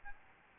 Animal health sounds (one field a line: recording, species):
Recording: mosquito wingbeat signal from an infrared sensor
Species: Aedes albopictus